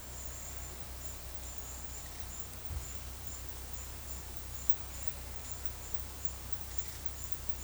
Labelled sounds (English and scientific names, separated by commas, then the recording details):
none
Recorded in dense forest near Puerto Asís, Putumayo, Colombia, on 21 February 2024 at 12:30
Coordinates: 0.487, -76.319
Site G6403